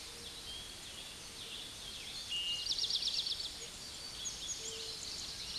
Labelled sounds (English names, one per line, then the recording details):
Eastern Towhee song
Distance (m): 20 m
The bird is about level with the microphone
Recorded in a Pennsylvania forest on 16 May 2024 at 06:10
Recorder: AudioMoth, point MSD-2453
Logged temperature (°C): 16.3 °C
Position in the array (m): 190 m, 161 m